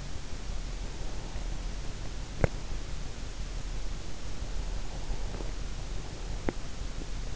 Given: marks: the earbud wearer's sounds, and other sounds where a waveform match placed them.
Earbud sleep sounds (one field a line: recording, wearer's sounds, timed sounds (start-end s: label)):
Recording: sounds in sleep by an in-ear microphone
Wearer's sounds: breath, teeth grinding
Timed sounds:
0.67-3.79 s: breath
2.04-2.56 s: teeth grinding
4.70-7.11 s: breath